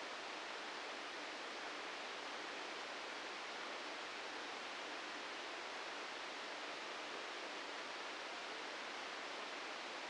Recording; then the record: brain microelectrode recording played as sound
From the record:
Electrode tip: outside the subthalamic nucleus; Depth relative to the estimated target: 2 mm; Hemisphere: right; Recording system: NeuroSet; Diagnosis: Parkinson's disease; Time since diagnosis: 9 years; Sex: male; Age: 61 years